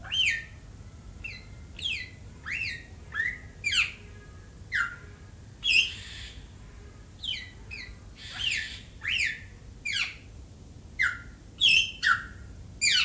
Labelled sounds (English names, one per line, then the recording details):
Greater Vasa Parrot call
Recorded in captivity
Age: adult
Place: Zoo Berlin, Berlin, DE
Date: 2008-08-18 18:10
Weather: bedeckt, ca. 22°C
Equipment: Sony WM-D6C, Sennheiser ME 80, Kopie Uher 4000 Report Monitor
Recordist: Tembrock, Günter